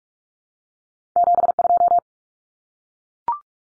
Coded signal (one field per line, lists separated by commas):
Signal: Morse code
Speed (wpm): 44 wpm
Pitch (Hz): 700 Hz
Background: none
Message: 72